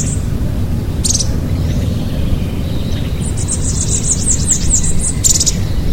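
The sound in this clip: Bird makes sharp high chirps: two brief calls early, a rapid series of notes near the end, and another short burst, over a persistent low rumble.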